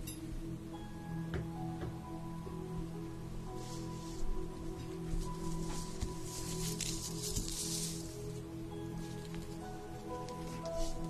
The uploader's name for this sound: the sounds of having your facial treatment, with steam, cream, and massage